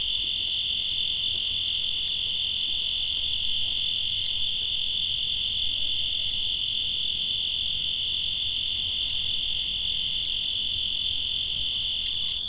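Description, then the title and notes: Cricket trill holding a steady high buzz from start to finish, over a soft low background rumble. Made in Tavira, Tangier, Lima and Bhubaneswar. "ACA - Grabaciones de campo. Grillo. grabaciones hechas en tavira, tangier, lima, bhubanshwar"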